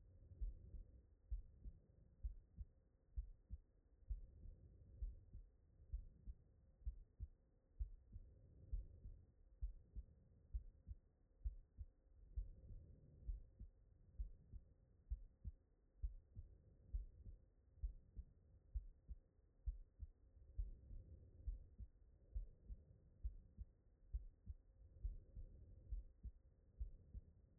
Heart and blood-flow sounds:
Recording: heart sounds by stethoscope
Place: tricuspid valve (TV)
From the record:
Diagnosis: non-HFrEF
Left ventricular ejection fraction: 61%

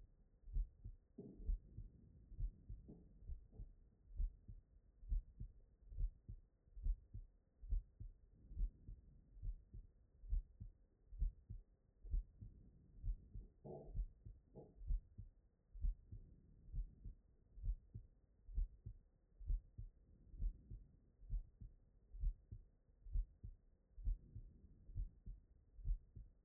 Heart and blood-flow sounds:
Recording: heart sounds by stethoscope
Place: tricuspid valve (TV)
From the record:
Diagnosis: non-HFrEF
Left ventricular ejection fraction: 66%

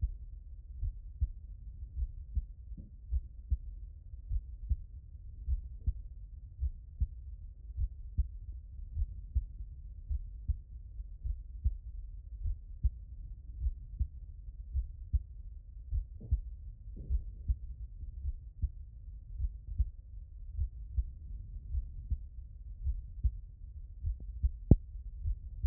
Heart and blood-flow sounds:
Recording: heart sounds by stethoscope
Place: pulmonary valve (PV)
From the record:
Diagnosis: non-HFrEF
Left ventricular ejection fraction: 69%

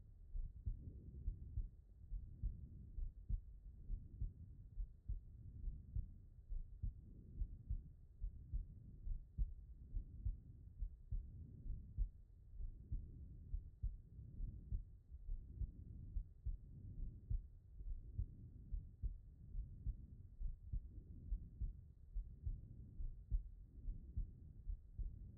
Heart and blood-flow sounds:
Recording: heart sounds by stethoscope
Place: pulmonary valve (PV)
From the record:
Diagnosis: non-HFrEF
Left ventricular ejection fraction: 73%

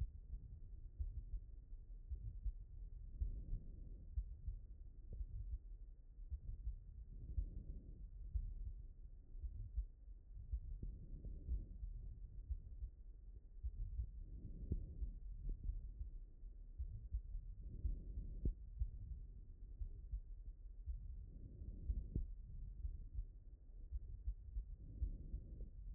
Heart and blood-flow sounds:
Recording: heart sounds by stethoscope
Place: aortic valve (AV)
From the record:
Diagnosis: non-HFrEF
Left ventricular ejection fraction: 68%

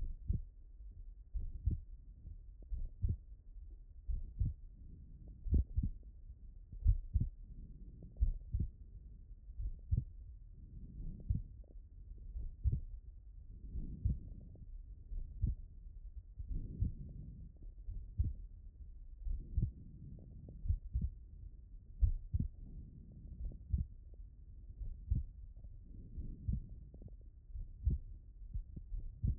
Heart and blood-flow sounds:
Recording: heart sounds by stethoscope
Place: pulmonary valve (PV)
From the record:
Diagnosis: HFrEF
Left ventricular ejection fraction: 30%

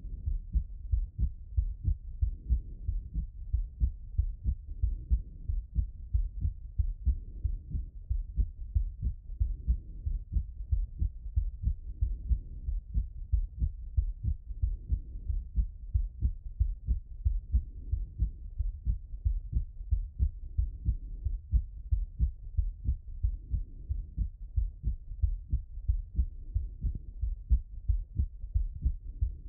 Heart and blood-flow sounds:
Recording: heart sounds by stethoscope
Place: pulmonary valve (PV)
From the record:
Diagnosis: HFrEF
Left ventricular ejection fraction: 25%

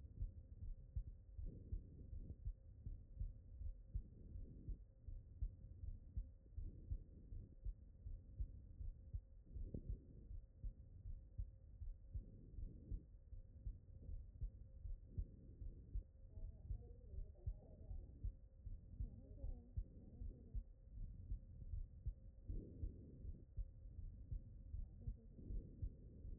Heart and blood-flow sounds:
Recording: heart sounds by stethoscope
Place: aortic valve (AV)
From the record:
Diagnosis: non-HFrEF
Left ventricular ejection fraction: 73%

